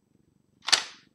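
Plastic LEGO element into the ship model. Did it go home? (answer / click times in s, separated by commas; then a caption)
yes / 0.7 s. A plastic LEGO element is pressed onto the Ninjago Final Flight of Destiny's Bounty ship model during a live build, giving a single sharp snap at 0.7 s over a faint low background rumble. The part clips securely into place.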